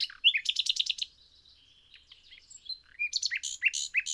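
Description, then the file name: Common nightingale singing a rich, varied phrase: quick sharp repeated notes, a short whistled glide, then a burst of loud chirps and rattles. "Luscinia megarhynchos"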